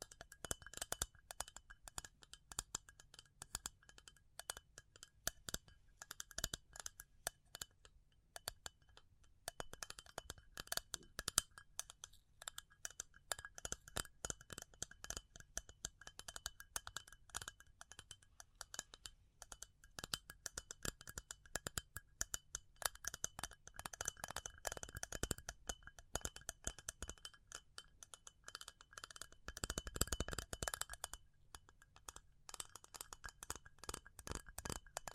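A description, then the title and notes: Tapping runs through the whole recording, a dense stream of sharp, bright clicks that changes pace, sometimes rapid and packed, sometimes slower with short gaps. A few louder, fuller taps stand out around the thirty-second mark, and the clicks have a light glassy ring. ASMR Pure Tapping Fast and Slow (No Talking).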